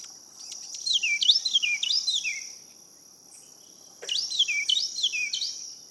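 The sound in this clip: Carolina wren song with quick, ringing phrases of descending slurred whistles repeated in two bursts, a continuous high buzzing insect tone underneath.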